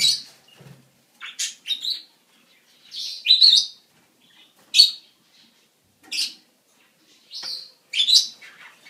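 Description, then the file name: Budgerigar giving scratchy, rising chirps and buzzy squeaks in irregular clusters. "Budgie Sounds"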